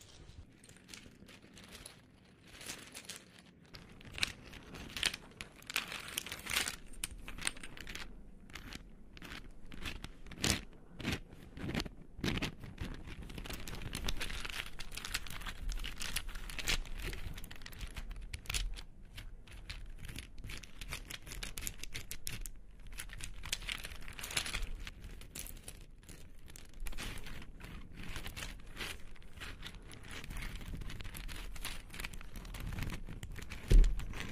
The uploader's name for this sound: Hair roll